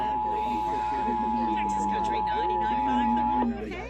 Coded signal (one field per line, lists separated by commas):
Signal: Emergency Alert System (SAME) tones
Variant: 853 and 960 Hz attention tone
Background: speech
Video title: July 2023 Texas Required Monthly Test (EAS #381-396)